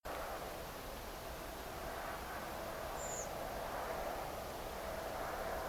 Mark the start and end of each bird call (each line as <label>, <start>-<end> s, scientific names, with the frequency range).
Turdus iliacus (5.5-7.8 kHz), 2.97-3.26 s